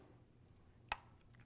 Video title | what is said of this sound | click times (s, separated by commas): TRS Live! Episode 45: Digging in to the Whitetail Catalog Part Two! | a real subtle click but if you don't hear that click you're | 0.9 s